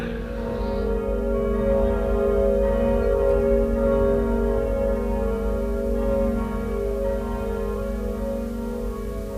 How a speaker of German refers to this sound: Fassen Sie sich, hochwürdiger Herr, und eilen Sie. Die Glocken läuten schon.